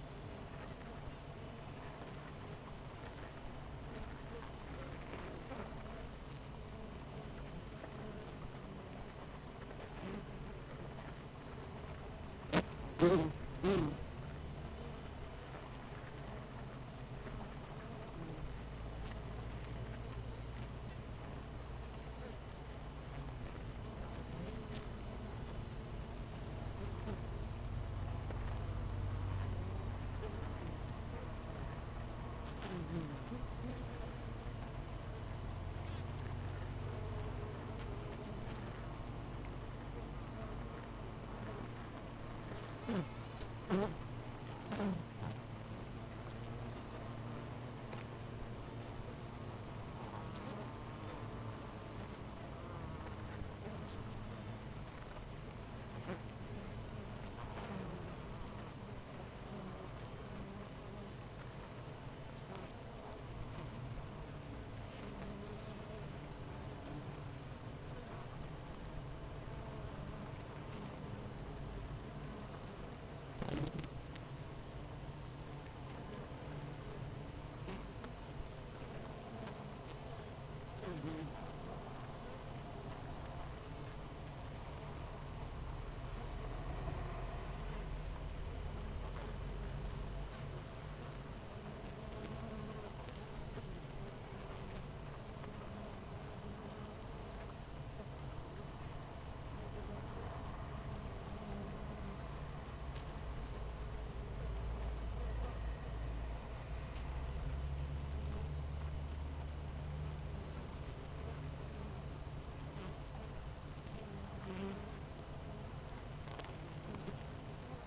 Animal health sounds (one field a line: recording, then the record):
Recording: honeybee colony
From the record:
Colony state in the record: missing queen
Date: 14 July 2017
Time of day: 8:31